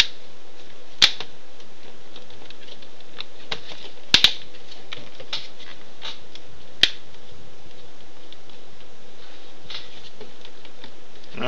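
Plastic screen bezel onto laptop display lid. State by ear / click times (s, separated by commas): seated / 0.0 s, 1.0 s, 3.5 s, 4.1 s, 4.2 s, 6.8 s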